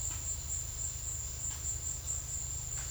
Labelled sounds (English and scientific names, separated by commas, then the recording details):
none
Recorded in secondary vegetation near Puerto Asís, Putumayo, Colombia, on 28 February 2025 at 13:30
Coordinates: 0.500, -76.326
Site GP04